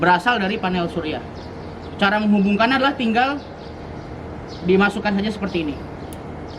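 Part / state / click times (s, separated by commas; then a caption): positive cable plug into solar panel cable socket / seated / 6.1 s. A positive red cable plug from an electrical panel is pushed into the matching socket on a solar panel cable while someone talks. A short click is heard at 6.1 seconds as the connector seats.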